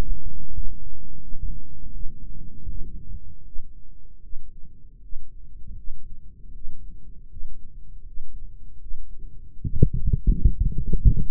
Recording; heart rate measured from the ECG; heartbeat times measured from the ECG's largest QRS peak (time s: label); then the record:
heart sounds by microphone in the right ear; 80 bpm
0.51 s: heartbeat
1.20 s: heartbeat
1.92 s: heartbeat
2.67 s: heartbeat
3.44 s: heartbeat
4.21 s: heartbeat
5.00 s: heartbeat
5.75 s: heartbeat
6.53 s: heartbeat
7.28 s: heartbeat
8.05 s: heartbeat
8.78 s: heartbeat
9.52 s: heartbeat
10.27 s: heartbeat
11.02 s: heartbeat
From the record:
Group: healthy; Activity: rest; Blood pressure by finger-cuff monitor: 95/65 mmHg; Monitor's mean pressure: 73 mmHg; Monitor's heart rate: 79 bpm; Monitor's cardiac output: 6 L/min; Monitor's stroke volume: 76 mL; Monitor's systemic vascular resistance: 870 dyn s/cm5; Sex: female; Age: 22 years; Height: 163 cm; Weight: 67.1 kg